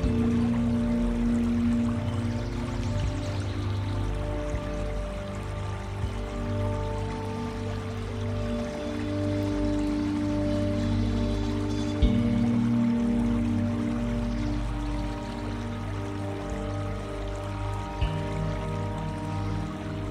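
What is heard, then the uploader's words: Water flows steadily and smoothly, a dense continuous wash weighted toward the low end with a faint trickling sheen above. Level stays nearly even throughout, with a brief soft knock around twelve seconds and another small shift near eighteen seconds. Smooth water flow with Nature Sounds.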